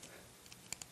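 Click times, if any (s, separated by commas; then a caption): none. A plastic body section of a transforming robot toy is pushed up toward its locked position during the change to combiner mode. Only faint, short plastic ticks are heard at about 0.5, 0.7, 0.8 and 0.9 s over a low background hiss. Nothing has clicked into place yet.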